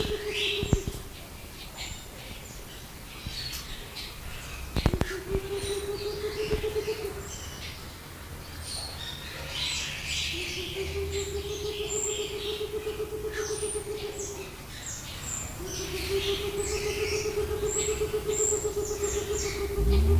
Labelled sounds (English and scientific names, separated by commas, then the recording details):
Cinnamon Ground Dove (Gallicolumba rufigula) call
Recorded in captivity
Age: adult
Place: Zoo Berlin, Berlin, DE
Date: 2000-08-29 10:10
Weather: fair, 21°C
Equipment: Nagra SN, Kopie Uher 4000 Report Monitor
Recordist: Tembrock, Günter